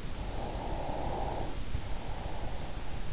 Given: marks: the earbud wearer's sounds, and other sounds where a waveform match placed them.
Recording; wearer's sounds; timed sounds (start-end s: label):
sounds in sleep by an in-ear microphone; breath
0.09-3.08 s: breath